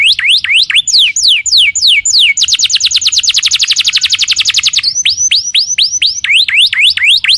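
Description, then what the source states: Canary song of swooping notes that gives way to a fast, even trill of rapid repeated notes, then returns to looping downward-and-upward sweeps, loud and unbroken. Tutor song used as a lure to train young canaries; long-duration training recording.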